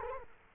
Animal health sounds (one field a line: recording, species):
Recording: mosquito wingbeat signal from an infrared sensor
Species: Culex quinquefasciatus